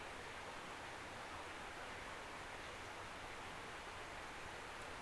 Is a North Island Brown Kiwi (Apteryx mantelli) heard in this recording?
no